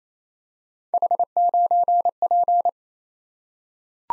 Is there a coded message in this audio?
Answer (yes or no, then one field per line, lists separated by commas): yes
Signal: Morse code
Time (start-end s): 0.9-2.7 s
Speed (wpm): 29 wpm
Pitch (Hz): 700 Hz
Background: none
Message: H9P